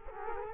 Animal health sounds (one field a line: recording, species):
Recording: mosquito wingbeat signal from an infrared sensor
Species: Culex quinquefasciatus